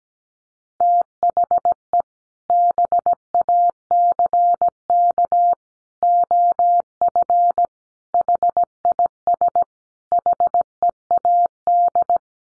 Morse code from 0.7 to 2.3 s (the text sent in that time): THE